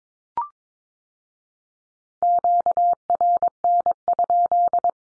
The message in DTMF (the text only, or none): none